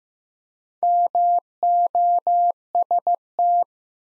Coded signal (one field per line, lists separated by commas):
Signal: Morse code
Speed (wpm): 15 wpm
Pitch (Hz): 700 Hz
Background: none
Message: MOST